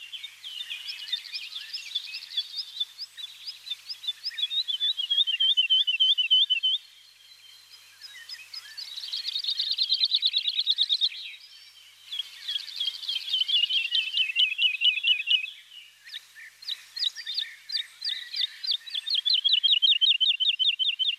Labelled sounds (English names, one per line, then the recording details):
Wood Lark song
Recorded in the wild
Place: St. Laurent des Arbres und Umgebung, FR
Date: 2004-05-26
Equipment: MiniDisc Sharp MT 20 H, Telinga DAT, Telinga-Parabolspiegel
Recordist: Schwarz, Dieter
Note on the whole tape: Song